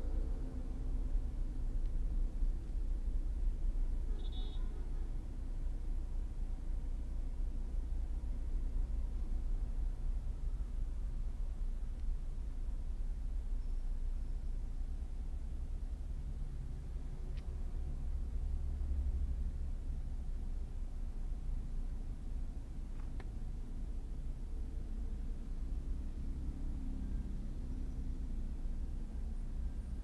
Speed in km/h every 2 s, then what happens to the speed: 12, 13, 14, 13, 13, 11, 10, 0, 0, 0, 0, 0, 0, 0, 0.
0-11 steady at about 13. 11-14 brakes to 0. 14-30 standing.